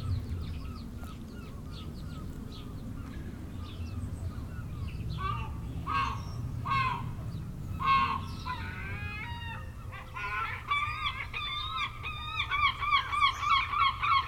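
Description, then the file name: Gulls calling: mewing and yelping notes that build into a fast laughing series near the end, over a low rumbling background. Recorded 10 August 2006. "20060810 Seagulls"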